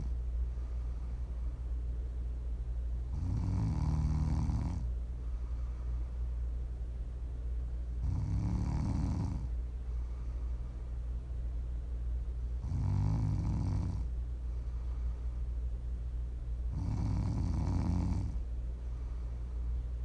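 ASMR snoring from a sleeping adult: four loud, low-pitched snores in 20 seconds, each lasting about a second and a half, at a steady pace of roughly one every four to five seconds, with quieter breathing between.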